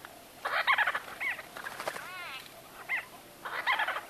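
White-fronted bee-eater calls: several short bursts of throaty, arched nasal notes.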